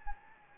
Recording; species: mosquito wingbeat signal from an infrared sensor; Anopheles gambiae